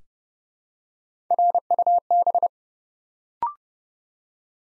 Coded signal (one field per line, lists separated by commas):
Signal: Morse code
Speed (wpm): 30 wpm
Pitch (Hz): 700 Hz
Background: none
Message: RUB